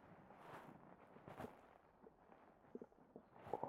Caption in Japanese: お腹の音。 今日はずーっとキューキューキューキュー言ってました。